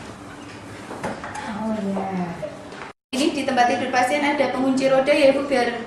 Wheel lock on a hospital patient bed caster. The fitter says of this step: pastikan ini sudah terkunci yaitu Iya